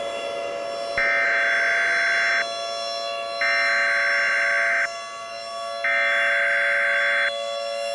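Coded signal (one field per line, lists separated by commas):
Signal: Emergency Alert System (SAME) tones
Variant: header bursts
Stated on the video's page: Fictional EAS scenario, remastered, not a real alert.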